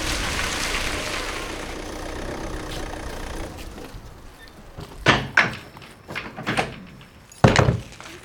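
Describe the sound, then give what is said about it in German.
A car towing a horse trailer rumbles in with a steady engine hum that settles, followed by a handful of loud, hollow metallic thunks and clanks in uneven succession. “Ach so, da kommt ja schon das Auto mit Anhänger.”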